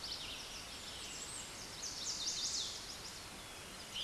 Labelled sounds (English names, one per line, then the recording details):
Chestnut-sided Warbler song
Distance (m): 35 m
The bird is about 10 m above the microphone
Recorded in a Pennsylvania forest on 16 May 2024 at 07:03
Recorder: AudioMoth, point MSD-1368
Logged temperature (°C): 12.5 °C
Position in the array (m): 11 m, 20 m